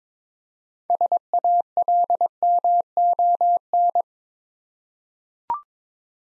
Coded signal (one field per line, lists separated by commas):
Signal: Morse code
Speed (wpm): 22 wpm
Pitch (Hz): 700 Hz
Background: none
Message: SALMON